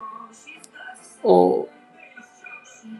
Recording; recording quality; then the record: sustained vowel as in boot; poor, much background noise or distortion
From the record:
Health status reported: exposed to COVID-19, no respiratory illness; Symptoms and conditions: cough, sore throat, muscle pain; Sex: male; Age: 24 years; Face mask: not worn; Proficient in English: yes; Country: India